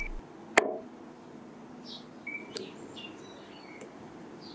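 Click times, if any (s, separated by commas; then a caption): 0.6 s. A brass jewel setting is pressed by a jeweling press, set against a micrometer height stop, into a watch tourbillon bridge. It seats with one sharp, loud, fast-fading snap at 0.6 s. After that come two fainter ticks near 2.3 and 2.6 s and scattered high chirping tones over a steady low background hum.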